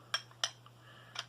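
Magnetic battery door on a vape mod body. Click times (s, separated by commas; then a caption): 0.4 s. The magnetic battery door of a Rincoe Mechman vape mod is closed over its 18650 battery bay and snaps into place. Sharp clicks are heard at 0.1 s and 0.4 s, with another at 1.2 s and a few faint ticks between them. The door seats against the body at 0.4 s.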